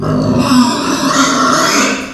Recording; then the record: squeal of a Yucatan mini pig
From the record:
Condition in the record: after surgery on the right vocal fold (resection and tissue-engineered implant); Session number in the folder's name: 13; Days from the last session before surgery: 113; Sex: female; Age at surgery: 19 weeks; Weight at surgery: 25 kg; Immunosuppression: prednisolone